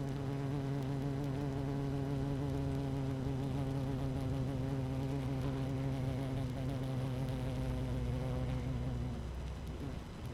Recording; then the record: honeybee colony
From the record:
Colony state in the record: active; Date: 12 June 2018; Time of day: 13:44